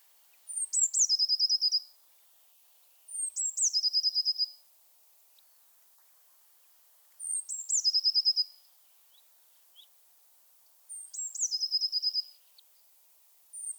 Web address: Aktivitetsbanken. Fuglelyder Blåmeis